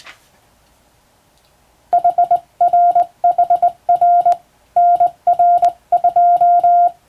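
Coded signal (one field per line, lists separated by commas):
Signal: Morse code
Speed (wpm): 20 wpm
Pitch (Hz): 700 Hz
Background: none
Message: HRHR NR2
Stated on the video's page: Morse practice sent by hand on a telegraph key by a first-class radiotelegraph operator, using a practice book for telegram sending.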